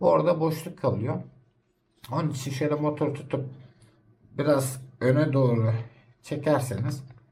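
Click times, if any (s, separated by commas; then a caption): none. Someone talks while handling a blender motor that sits on top of its rear tabs above its plastic housing, leaving a gap, so it is taken hold of and pulled slightly forward to drop into place. Nothing has seated or clicked yet; the motor is not home when the clip ends.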